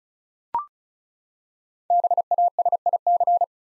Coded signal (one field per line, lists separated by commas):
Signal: Morse code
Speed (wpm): 36 wpm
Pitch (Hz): 700 Hz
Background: none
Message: BASIC